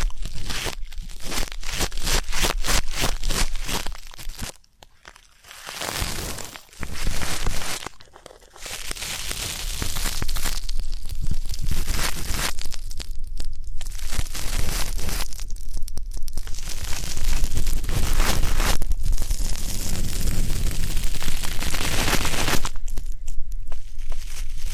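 Ear-cleaning ASMR sounds, opening with a quick, regular run of scratchy strokes for about four seconds. After two brief near-silent pauses, a dense crinkly, tearing rustle takes over and runs almost continuously, broken by short dips every few seconds.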